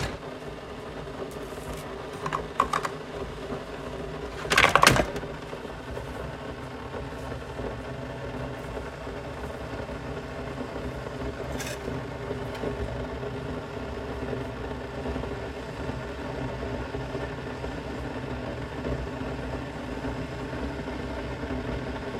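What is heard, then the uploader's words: Someone making tea against a steady, low rumbling hum that runs the whole time, like a kettle heating. A couple of light clicks come near the start, then a sharper clatter of crockery around five seconds, and one faint tap later on. Making tea.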